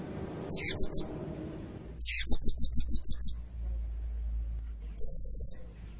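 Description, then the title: Blue-crowned hanging parrot, high thin chirping bursts near the top of the range, two short rapid series of sharp notes, then a brief buzzy trill after a pause. Lure recording used for training birds; described as energetic, frequently singing calls meant to provoke other birds. "Burung Serindit Nembak Gacor Bikin Emosi Semua Burung"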